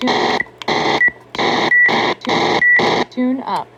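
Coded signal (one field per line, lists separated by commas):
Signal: none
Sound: a weather radio's button beeps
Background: speech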